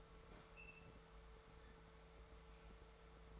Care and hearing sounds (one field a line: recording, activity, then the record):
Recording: daily activity, microphone in the room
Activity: open fridge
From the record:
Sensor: 3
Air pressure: 1014.9 hPa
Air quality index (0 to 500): 198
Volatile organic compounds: 27 ppm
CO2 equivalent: 2898 ppm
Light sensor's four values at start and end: 11/27/11/11 and 11/27/11/11